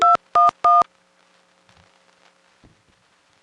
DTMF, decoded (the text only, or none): 211